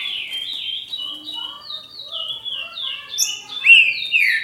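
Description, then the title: Green-winged saltator: songbird whistling a steady chain of falling notes, fairly soft, mixed with lower warbling phrases and a louder burst of whistles near the end. "Trinca Ferro"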